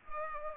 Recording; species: mosquito wingbeat signal from an infrared sensor; Culex pipiens